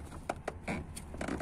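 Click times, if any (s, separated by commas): 0.3 s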